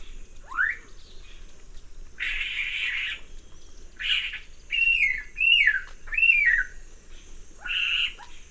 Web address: Nature Songs S America Eastern Lowlands. Donacobius atricapilla, alarm calls